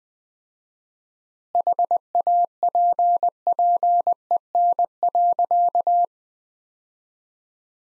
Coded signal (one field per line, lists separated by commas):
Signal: Morse code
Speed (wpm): 20 wpm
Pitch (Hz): 700 Hz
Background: none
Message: HAPPEN.